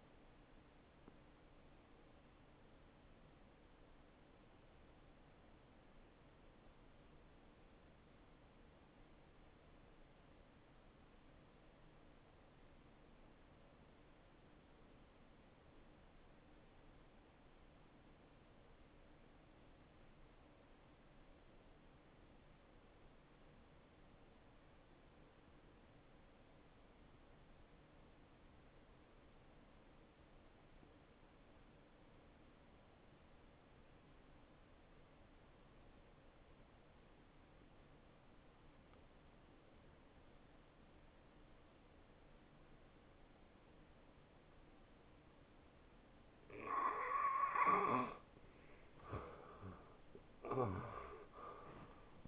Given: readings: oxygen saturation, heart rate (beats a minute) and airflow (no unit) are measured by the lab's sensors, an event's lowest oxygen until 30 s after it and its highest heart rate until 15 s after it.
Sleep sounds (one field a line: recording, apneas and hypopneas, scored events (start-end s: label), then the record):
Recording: breathing in sleep by a voice recorder at the bedside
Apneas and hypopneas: 1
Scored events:
2.00-52.28 s: new sleep stage, N2 (light sleep)
5.00-46.10 s: hypopnea (N2, oxygen 94% highest, then 82% lowest, heart rate 69 at the start, 80 highest)
From the record:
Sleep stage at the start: N1 (lightest sleep)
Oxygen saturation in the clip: 87 to 94%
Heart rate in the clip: 59 to 76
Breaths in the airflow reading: 12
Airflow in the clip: -12.7 to 7.1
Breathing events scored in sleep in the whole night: 263 in 5.5 hours asleep